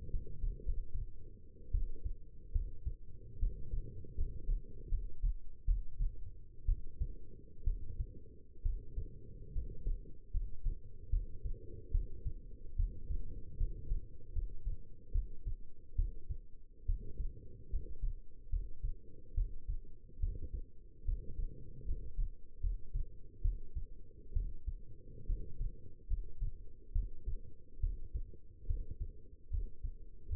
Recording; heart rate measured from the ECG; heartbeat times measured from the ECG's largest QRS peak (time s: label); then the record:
heart sounds by stethoscope; 72 bpm
0.10 s: heartbeat
0.64 s: heartbeat
1.71 s: heartbeat
2.52 s: heartbeat
3.39 s: heartbeat
4.15 s: heartbeat
4.89 s: heartbeat
5.65 s: heartbeat
6.66 s: heartbeat
7.64 s: heartbeat
8.62 s: heartbeat
9.52 s: heartbeat
10.31 s: heartbeat
11.10 s: heartbeat
11.91 s: heartbeat
12.76 s: heartbeat
13.57 s: heartbeat
14.33 s: heartbeat
15.12 s: heartbeat
15.96 s: heartbeat
16.86 s: heartbeat
17.70 s: heartbeat
18.50 s: heartbeat
19.34 s: heartbeat
20.19 s: heartbeat
21.05 s: heartbeat
21.85 s: heartbeat
22.60 s: heartbeat
23.42 s: heartbeat
24.33 s: heartbeat
25.26 s: heartbeat
26.07 s: heartbeat
26.92 s: heartbeat
27.80 s: heartbeat
28.66 s: heartbeat
29.50 s: heartbeat
30.29 s: heartbeat
From the record:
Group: healthy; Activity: rest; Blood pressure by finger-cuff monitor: 140/80 mmHg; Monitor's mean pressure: 98 mmHg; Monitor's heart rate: 73 bpm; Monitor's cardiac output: 6.3 L/min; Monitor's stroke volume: 88 mL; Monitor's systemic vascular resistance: 1120 dyn s/cm5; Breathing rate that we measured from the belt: 15 breaths a minute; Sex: female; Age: 22 years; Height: 171 cm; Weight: 65.6 kg